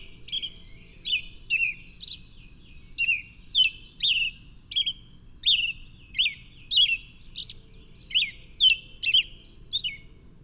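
Bird song: a steady series of sharp, high chirps with quick downslurred notes through most of the stretch, over a faint low background hiss.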